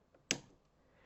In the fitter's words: it made a little click as it goes in.